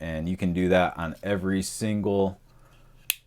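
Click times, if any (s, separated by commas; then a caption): 3.1 s. Someone talks for the first couple of seconds, then an axis-lock lever on a DJI RS3 Mini camera gimbal arm is flipped down. It locks into place with a loud, sharp snap at 3.1 s, seating another gimbal axis lock.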